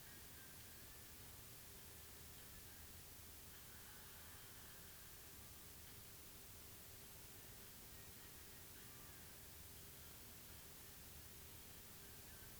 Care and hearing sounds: daily activity, guitar pickup as the sensor; browse video

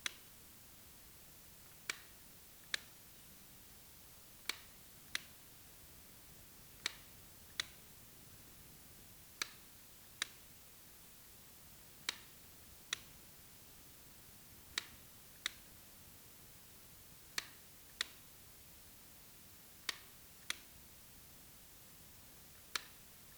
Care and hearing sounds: daily activity, guitar pickup as the sensor; operate light

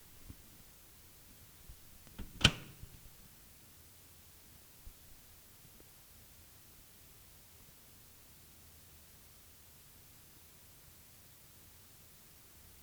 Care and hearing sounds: daily activity, guitar pickup as the sensor; use microwave

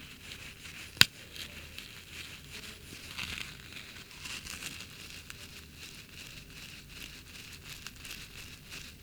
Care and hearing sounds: daily activity, guitar pickup as the sensor; brush teeth

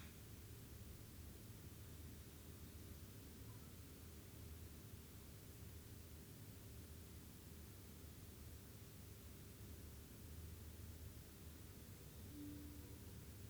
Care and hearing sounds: daily activity, guitar pickup as the sensor; stand

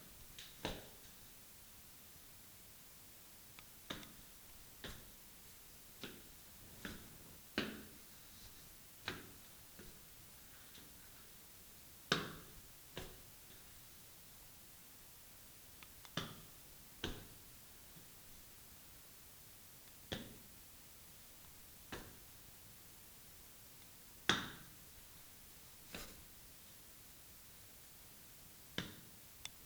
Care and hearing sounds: daily activity, guitar pickup as the sensor; go upstairs

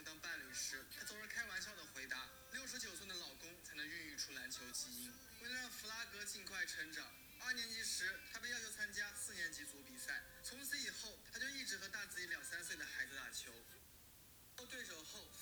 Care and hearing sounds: daily activity, guitar pickup as the sensor; browse video

